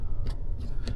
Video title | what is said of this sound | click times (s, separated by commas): 2025 Chevrolet Colorado ZR2 Bison - Diode Dynamics Stage 2 Interior/License Plate LED Conversion Kit | and then we're gonna get our 2 audible clicks | 0.9 s